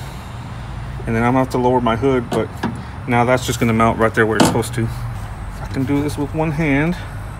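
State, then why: Not seated. A hood strut end from a Wamrods hood strut kit on a 1999–2006 Chevy truck or SUV is handled with the hood lowered, ready to be pressed one-handed onto its ball stud mount on the body. Someone talks throughout over a steady low hum. Nothing has seated or clicked yet.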